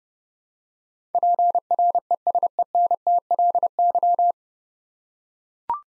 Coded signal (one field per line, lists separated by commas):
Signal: Morse code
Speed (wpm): 28 wpm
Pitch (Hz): 700 Hz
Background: none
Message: PRESENTLY